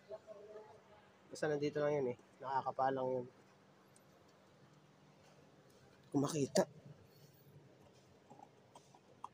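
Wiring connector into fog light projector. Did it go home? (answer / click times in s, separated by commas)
no / none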